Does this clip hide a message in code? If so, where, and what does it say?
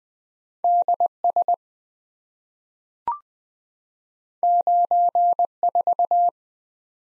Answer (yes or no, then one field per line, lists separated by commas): yes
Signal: Morse code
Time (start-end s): 0.6-6.3 s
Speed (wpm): 20 wpm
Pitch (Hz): 700 Hz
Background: none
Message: DS 94